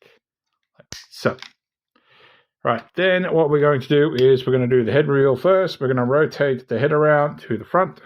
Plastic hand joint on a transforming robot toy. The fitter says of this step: then we can reach in here and flip down the hands, and they go a nice little click, like